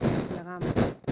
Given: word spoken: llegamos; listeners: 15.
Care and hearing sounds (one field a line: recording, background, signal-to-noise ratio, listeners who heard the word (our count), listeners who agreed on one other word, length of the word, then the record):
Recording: one Spanish word in noise, from a listening test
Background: noise modulated by one talker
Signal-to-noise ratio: -11.1 dB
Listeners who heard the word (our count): 4 of 15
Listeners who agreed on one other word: 6 of 15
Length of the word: 0.72 s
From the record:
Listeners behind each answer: 6, 4, 2, 1, 1, 1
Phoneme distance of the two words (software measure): 17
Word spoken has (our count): 3 syllables, 7 phonemes, stress on syllable 2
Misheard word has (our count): 3 syllables, 8 phonemes, stress on syllable 2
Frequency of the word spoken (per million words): 20.60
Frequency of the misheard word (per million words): 0.01